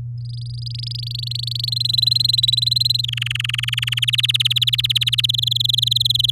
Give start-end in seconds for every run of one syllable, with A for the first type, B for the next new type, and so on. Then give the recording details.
0.25-1.74 A, 1.76-3.01 B, 3.03-4.00 C, 4.02-5.26 D, 5.29-6.30 E. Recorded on 9 May 2018 at 12:56. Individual llb16